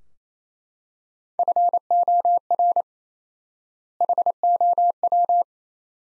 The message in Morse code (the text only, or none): FOR HOW